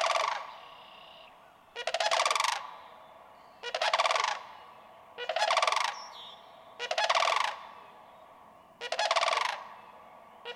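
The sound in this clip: Sandhill crane repeating a loud, vibrating, rolling bugle roughly every two seconds, with faint twittering birds behind.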